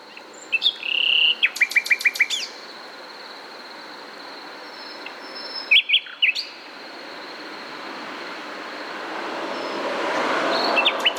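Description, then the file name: Common nightingale song: a fast stuttering burst of repeated clicking notes, a pause, then another short phrase, with background noise rising toward the end. "Luscinia megarhynchos"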